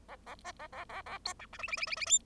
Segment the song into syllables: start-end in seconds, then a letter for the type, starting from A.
0.08-0.16 A, 0.26-0.35 A, 0.44-0.52 B, 0.59-0.67 A, 0.72-0.84 A, 0.89-1.02 A, 1.06-1.18 A, 1.25-1.33 C, 1.39-1.46 D, 1.52-1.58 E, 1.58-1.67 F, 1.67-1.76 F, 1.77-1.86 F, 1.86-1.96 F, 1.96-2.06 F, 2.06-2.19 G